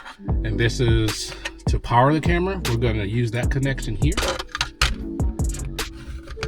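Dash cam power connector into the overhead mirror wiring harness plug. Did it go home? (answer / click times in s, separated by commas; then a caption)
yes / 4.8 s. A FitCamX dash cam power connector is pushed into the mating plug of the overhead mirror wiring harness in a 2025 Chevrolet Colorado ZR2 Bison while someone talks over background music. A sharp click at 4.8 s marks the connector seating, with the arrows on the two plugs lining up.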